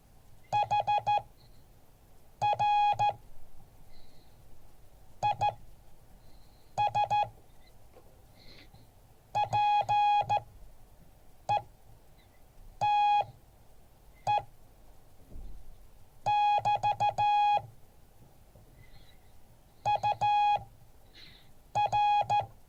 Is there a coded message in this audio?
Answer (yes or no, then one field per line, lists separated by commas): yes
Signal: Morse code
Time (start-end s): 0.5-22.4 s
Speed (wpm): 14 wpm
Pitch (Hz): 830 Hz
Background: none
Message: HR IS PETE <BT> UR